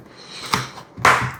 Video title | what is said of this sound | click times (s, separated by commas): Best Full Face Motorcycle Helmet for EBike Riders? - HAX Obsidian Dual Visor Unboxing & Review | There we go. Snaps back into place. | 0.5 s, 1.1 s